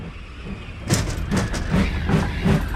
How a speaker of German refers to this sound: Um Gottes Willen, Kurzi, der Zug!